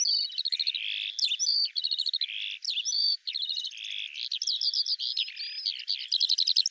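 Eurasian skylark delivering a dense, rapid high song of mixed chirps, trills and buzzy notes, tumbling on almost without pause.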